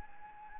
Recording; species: mosquito wingbeat signal from an infrared sensor; Anopheles gambiae